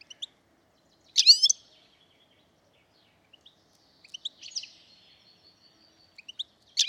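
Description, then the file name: European goldfinch giving scattered high calls: bright sharp chirps at intervals, short tinkling notes in between, and a quiet background. "Carduelis carduelis"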